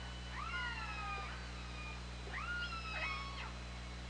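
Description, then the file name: Killer whale calls, two harmonic cries about two seconds apart, each rising sharply then holding a flat, wavering tone, over a continuous low underwater drone. Recorded on the OrcaLab hydrophone, 24 August 2017, at 20:23. "Orca Lab UTLN JASON 20170824"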